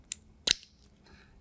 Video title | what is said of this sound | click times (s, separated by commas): TWIST Mount EVF, Monitor, and NATO Accessory Mounting System | you can hear that it snaps in and it's retained in there | 0.1 s, 0.5 s